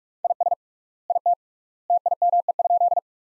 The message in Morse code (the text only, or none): IS IT TIME?